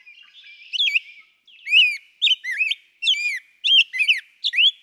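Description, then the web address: Rose-breasted Grosbeak singing a string of sweet, slurred whistles, each short phrase swooping up and down, after a soft faint opening. "birdsongforthecurious songs Rose-breasted Grosbeak"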